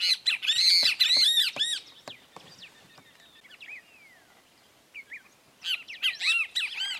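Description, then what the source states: Great kiskadee song: rapid bursts of harsh, squeaky arched notes, a quieter pause of thin whistles, then another loud chattering burst. Two birds singing together.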